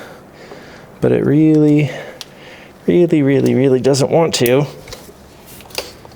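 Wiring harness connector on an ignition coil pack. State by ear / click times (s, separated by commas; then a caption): released / 5.8 s. Someone talks while pressing the locking tab on a plastic ignition coil pack wiring harness connector and wiggling it off. After some faint rustling, a sharp click at 5.8 s marks the connector finally coming free.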